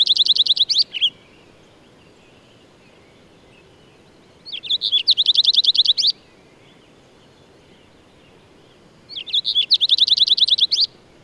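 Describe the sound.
Bird song heard as three bursts a few seconds apart, each a quick, evenly spaced volley of piercing high notes.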